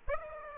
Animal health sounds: mosquito wingbeat signal from an infrared sensor; Aedes aegypti

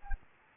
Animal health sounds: mosquito wingbeat signal from an infrared sensor; Anopheles gambiae

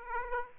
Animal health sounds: mosquito wingbeat signal from an infrared sensor; Aedes aegypti

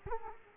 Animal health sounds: mosquito wingbeat signal from an infrared sensor; Culex quinquefasciatus

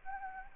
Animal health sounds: mosquito wingbeat signal from an infrared sensor; Anopheles arabiensis

